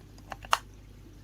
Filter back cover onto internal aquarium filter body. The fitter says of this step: nice click on the back we have our silver label with all of the statistics on it also have our holes